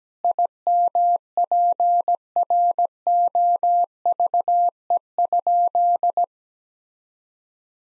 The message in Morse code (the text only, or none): IMPROVE?